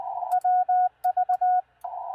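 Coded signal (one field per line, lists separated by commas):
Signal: Morse code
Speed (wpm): 20 wpm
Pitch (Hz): 730 Hz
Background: radio noise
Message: WV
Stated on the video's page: QRP CW on 40 meters, sent with a paddle with some mistakes, during POTA and TOTA activations using a mag-mount hamstick, with heavy man-made interference.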